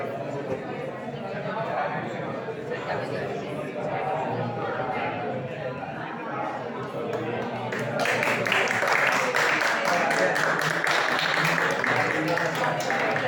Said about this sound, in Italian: Vi ringrazio per gli applausi, ma gli applausi vanno veramente prima di tutto a questo grandissimo poeta che purtroppo i pochi hanno avuto la fortuna di conoscere, Hassan.